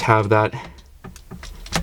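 Someone talks briefly while a plastic panel on a Transformers Legacy Evolution Wave 3 Commander Class Armada Optimus Prime figure is pushed during transformation so its tab goes into a slot. Several small plastic clicks follow, and the loudest comes at 1.8 s as the tab seats into place.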